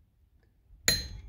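A click-type torque wrench on the rear shock absorber mounting bolt of a 2007 Nissan Quest gives a sharp metallic click at 0.9 s while the torque is double-checked. The click confirms the bolt has reached the 35 ft-lb setting, and a brief ringing tail follows the click.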